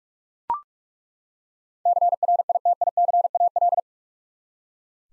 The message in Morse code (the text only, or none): CRITICAL